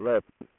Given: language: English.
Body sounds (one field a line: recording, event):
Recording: throat vibration sensor signal played as sound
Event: speech